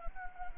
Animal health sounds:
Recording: mosquito wingbeat signal from an infrared sensor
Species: Anopheles arabiensis

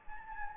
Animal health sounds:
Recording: mosquito wingbeat signal from an infrared sensor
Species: Anopheles gambiae

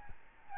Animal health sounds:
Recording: mosquito wingbeat signal from an infrared sensor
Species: Aedes albopictus

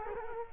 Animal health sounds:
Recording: mosquito wingbeat signal from an infrared sensor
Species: Culex quinquefasciatus

